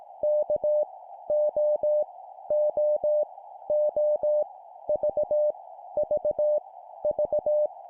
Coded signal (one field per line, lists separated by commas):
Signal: Morse code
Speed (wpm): 18 wpm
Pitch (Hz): 600 Hz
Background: none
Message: K O O O V V V